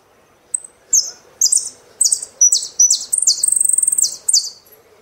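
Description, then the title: Saffron finch singing a dense, high phrase of slurred descending notes broken by a rapid buzzy trill in the middle. "Jilguero Argentino"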